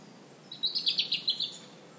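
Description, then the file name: European robin, a quick run of several high, thin notes lasting about a second, above faint background hiss. "Erithacus rubecula"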